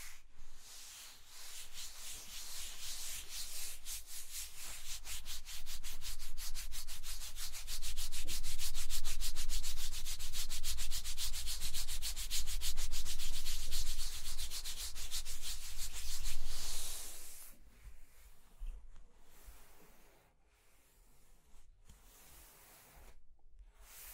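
Scratching and tracing sounds: a dense, rapid run of fine rasping strokes, bright and hissy, builds from the start and holds steady for about seventeen seconds. Then it thins abruptly into quieter, sparser scrapes with brief silent gaps until the end.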